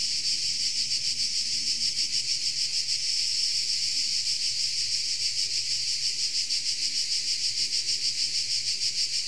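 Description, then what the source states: Dense high-pitched insect buzzing, rhythmically throbbing about three times each second without pause. Insects in Tuscany.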